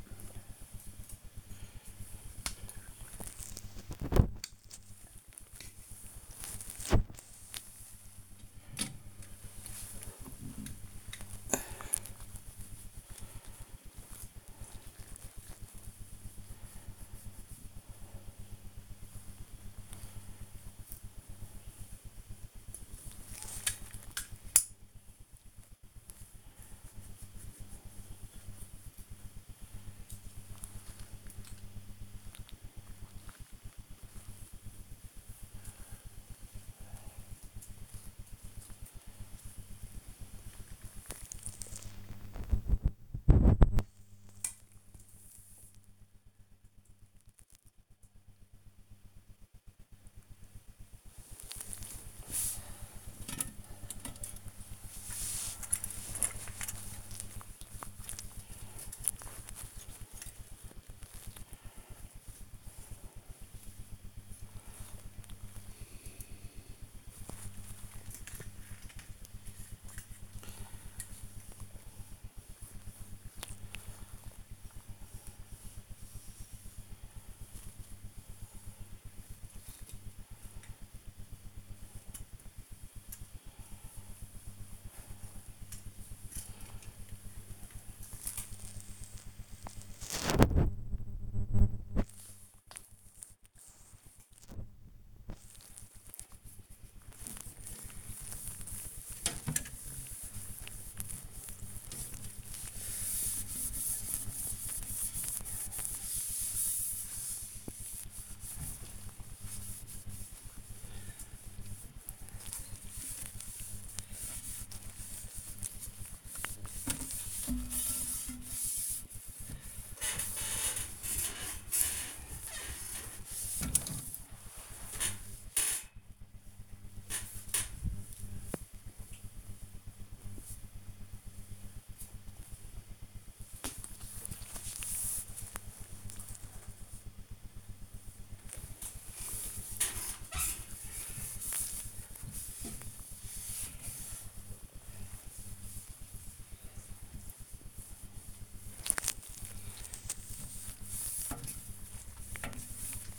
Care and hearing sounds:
household activities, microphone on the right wrist
0.00-41.90 s: dusting model cars
50.98-123.46 s: dusting model cars
137.56-153.19 s: dusting model cars

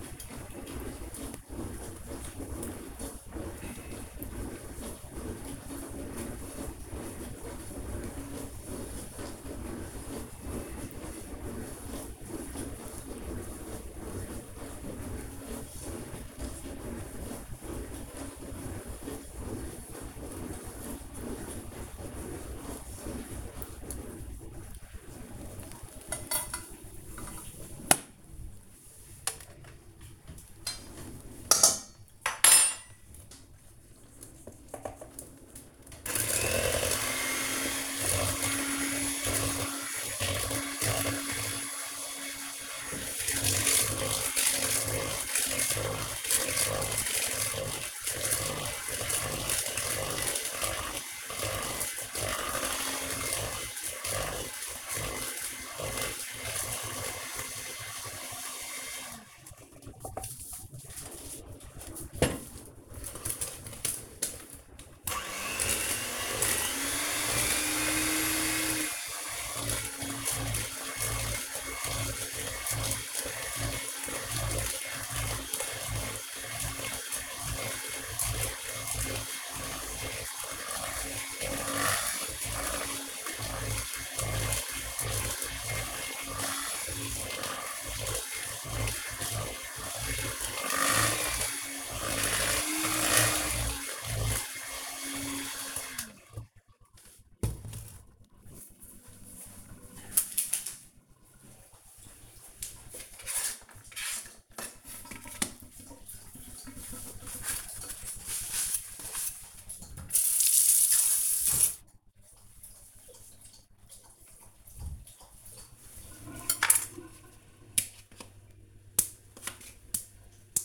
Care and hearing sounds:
household activities, microphone on the right wrist
0.00-97.66 s: baking
99.68-120.65 s: baking

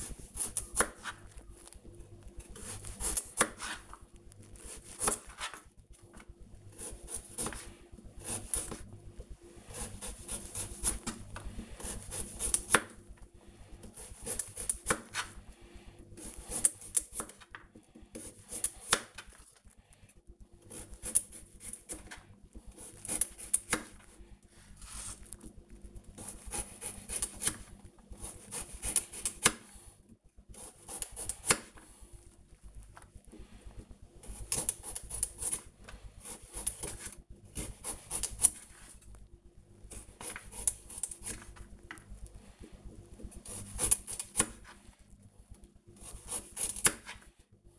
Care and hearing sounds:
household activities, microphone on the right wrist
0.00-47.79 s: cutting vegetables

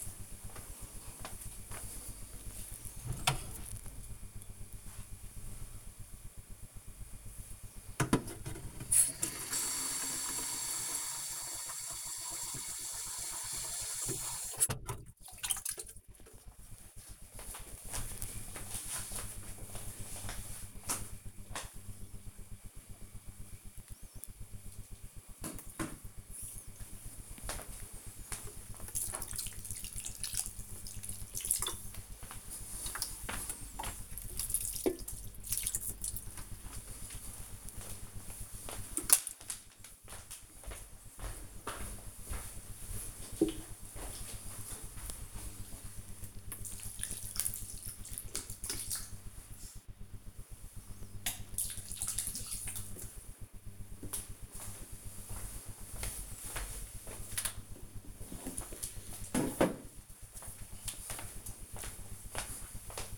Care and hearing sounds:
household activities, microphone on the right wrist
8.30-54.67 s: watering plant

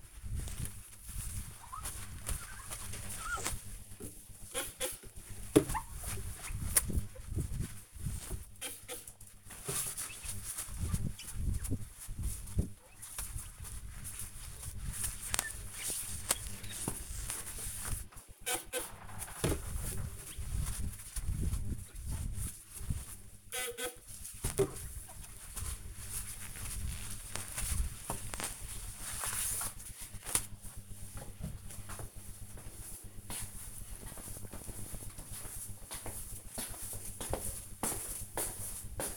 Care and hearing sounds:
household activities, microphone on the right wrist
0.00-29.83 s: window cleaning

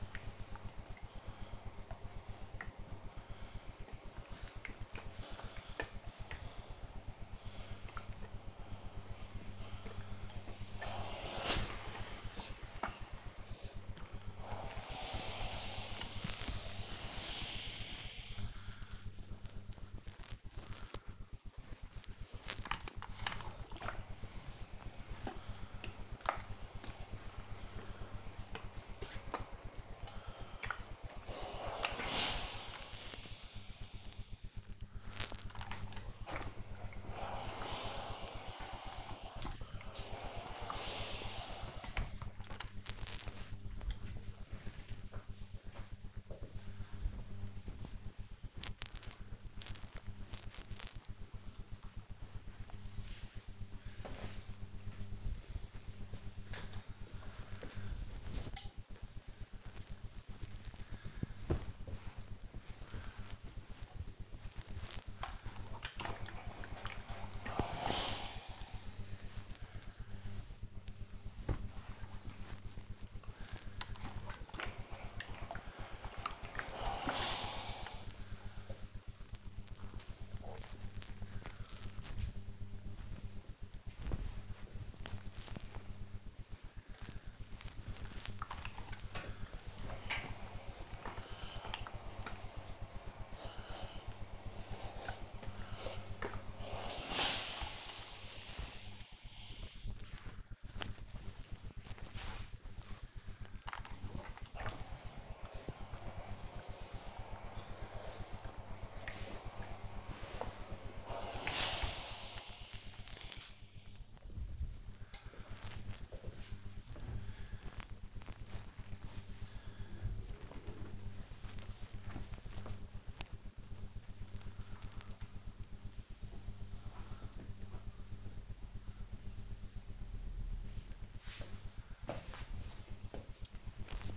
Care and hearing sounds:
household activities, microphone on the right wrist
0.00-48.45 s: ironing laundry
62.53-119.85 s: ironing laundry

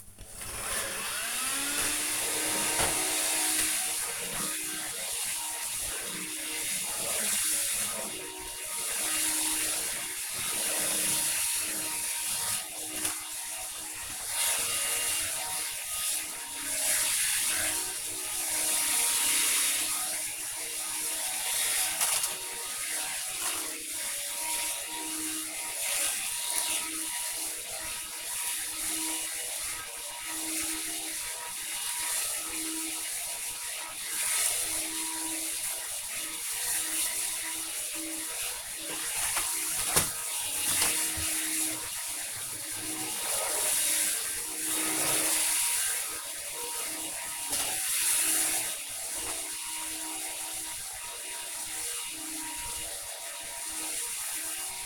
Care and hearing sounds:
household activities, microphone on the right wrist
0.00-54.86 s: vacuum cleaning

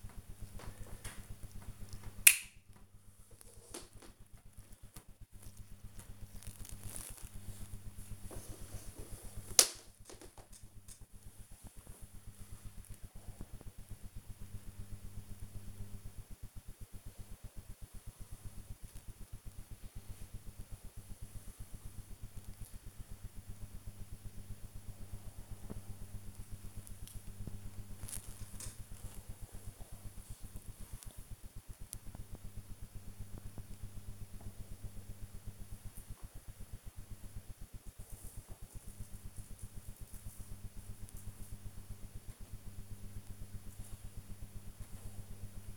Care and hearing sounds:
household activities, microphone on the right wrist
0.00-41.20 s: working on the computer
44.22-45.77 s: working on the computer

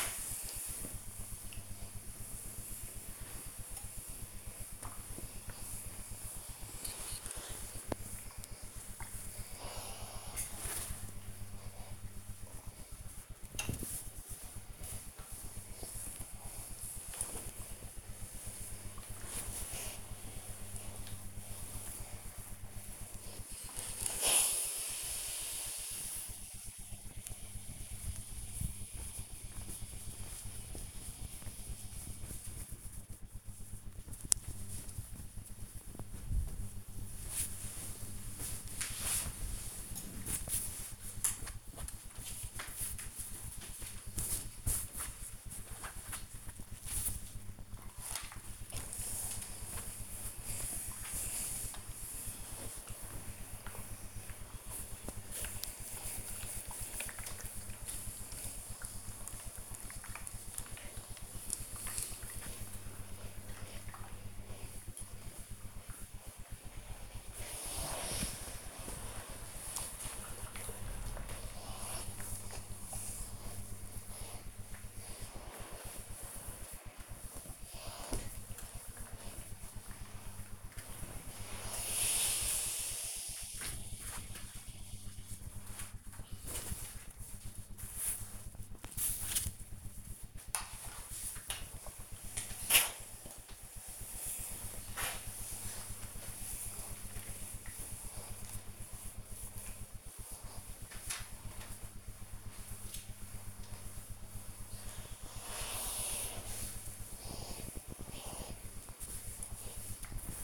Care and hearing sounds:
household activities, microphone on the right wrist
0.00-110.44 s: ironing laundry

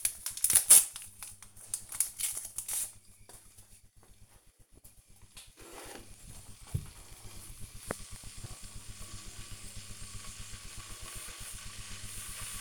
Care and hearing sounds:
household activities, microphone on the right wrist
0.00-12.61 s: making tea

